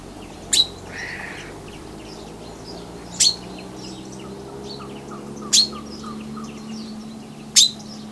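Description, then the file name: Common chaffinch calling, abrupt clipped notes about every two to three seconds, four in all, over soft bird chatter and a low rumble. "Fringilla coelebs"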